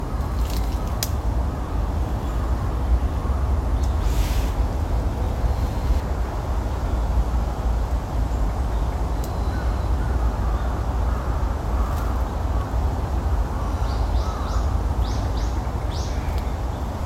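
A stream and waterfall rush steadily in a morning park, a dense, even roar weighted toward the low end. Brief rustles, like steps on fallen leaves, break through around 1, 4, 6 and 12 seconds, and small birds chirp faintly near the end.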